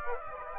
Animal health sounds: mosquito wingbeat signal from an infrared sensor; Aedes aegypti

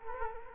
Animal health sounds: mosquito wingbeat signal from an infrared sensor; Culex quinquefasciatus

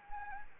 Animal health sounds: mosquito wingbeat signal from an infrared sensor; Anopheles gambiae

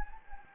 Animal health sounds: mosquito wingbeat signal from an infrared sensor; Anopheles gambiae

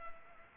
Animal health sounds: mosquito wingbeat signal from an infrared sensor; Culex pipiens

